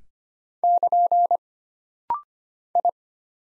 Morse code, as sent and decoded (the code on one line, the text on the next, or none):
-.--. / ..
<KN> I